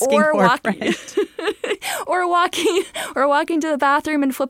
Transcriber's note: laughter